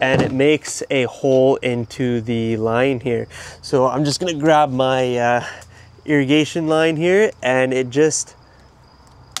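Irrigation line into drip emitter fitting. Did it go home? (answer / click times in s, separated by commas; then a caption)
yes / 9.4 s. Someone talks while irrigation tubing is pushed onto a plastic drip emitter fitting. A sharp snap is heard at 9.4 s as the irrigation line seats into the drip emitter fitting.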